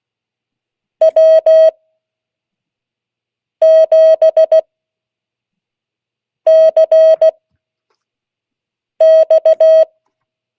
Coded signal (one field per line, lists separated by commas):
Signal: Morse code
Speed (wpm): 16 wpm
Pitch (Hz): 640 Hz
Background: none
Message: W7CX